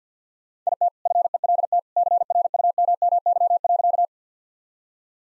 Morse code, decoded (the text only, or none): IT FELT CRUMMY.